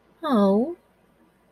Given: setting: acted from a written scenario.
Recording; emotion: vocal sound without words; sympathy